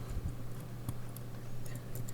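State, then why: Not seated. A part of a mechanical Cherry keyboard switch, set the wrong way round, is pushed into the switch housing, making a few light ticks around 0.9, 1.2, 1.7, 2.0 and 2.1 seconds. It lines up but will not press down and just tops out, so nothing has seated or clicked yet.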